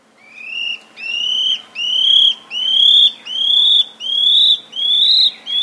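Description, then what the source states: Scale-backed antbird calling with a series of slightly rising whistled notes, each slurring down at the end, repeated about every three-quarters of a second. Recorded in South America.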